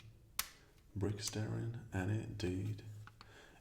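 A beige plastic rod is pushed through a stack of LEGO bricks, giving one sharp, loud click at 0.4 s, after which someone talks and a couple of faint ticks follow near the end. The rod goes all the way through the bricks and seats.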